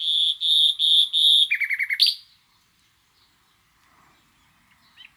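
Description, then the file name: Common nightingale song: four long pure whistled notes, then a quick series of sharp lower trilled notes, followed by near silence with faint background sounds. "Luscinia megarhynchos"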